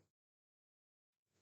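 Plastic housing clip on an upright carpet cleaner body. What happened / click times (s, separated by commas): The housing clip has not snapped in yet / none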